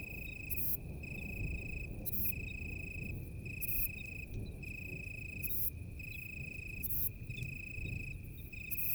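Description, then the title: Italian tree cricket singing a clean trill in regular bursts, paired with a periodic high rasping chirp. Heavy low rumbling fills the background throughout. Sung in deep darkness on a moonless night during a thunderstorm with occasional lightning; a vineyard bush cricket is also audible in the background. "naturophonie. Un grillon sous l'orage"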